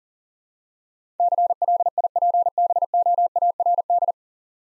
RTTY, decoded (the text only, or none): none